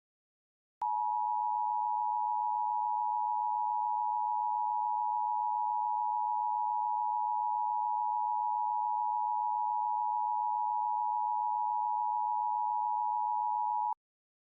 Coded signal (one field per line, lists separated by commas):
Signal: Emergency Alert System (SAME) tones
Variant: 853 and 960 Hz attention tone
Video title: EAS Scenario: The Return Of The Babylon Virus